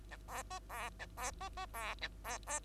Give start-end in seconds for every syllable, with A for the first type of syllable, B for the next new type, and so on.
0.11-0.17 A, 0.28-0.43 B, 0.50-0.59 C, 0.69-0.90 B, 0.99-1.06 A, 1.17-1.31 B, 1.40-1.49 C, 1.57-1.66 C, 1.73-1.95 B, 2.01-2.09 A, 2.24-2.38 B, 2.47-2.60 B